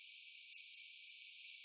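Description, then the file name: European robin: three sharp, high tick calls in quick succession, preceded by a faint thin note. "Erithacus rubecula"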